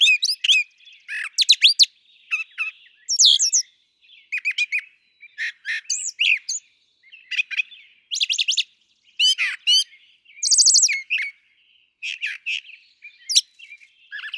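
Brown Thrasher song: a long run of varied, loud phrases, sharp chirps, whistles and buzzy notes, with brief pauses between.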